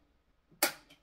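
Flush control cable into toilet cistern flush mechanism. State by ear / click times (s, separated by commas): seated / 0.6 s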